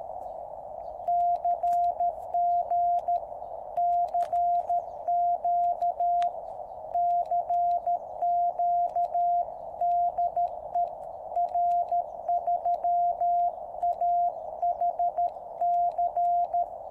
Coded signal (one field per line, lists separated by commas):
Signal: Morse code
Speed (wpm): 13 wpm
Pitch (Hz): 700 Hz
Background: none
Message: CG CQ CQ DE R3AHC